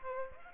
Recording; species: mosquito wingbeat signal from an infrared sensor; Aedes aegypti